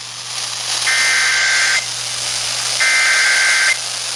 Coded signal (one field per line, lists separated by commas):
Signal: Emergency Alert System (SAME) tones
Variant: header bursts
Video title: Flash Flood Warning - EAS #339